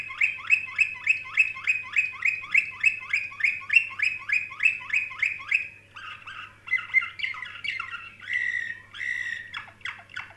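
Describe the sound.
Canary song: a steady run of bright chirps repeated about three per second, shifting into varied warbles and rolled notes; low hum underneath.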